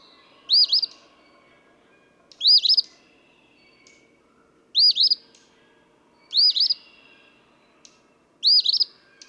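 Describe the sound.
Eastern phoebe repeating its raspy two-part song five times, roughly every two seconds, over a quiet background.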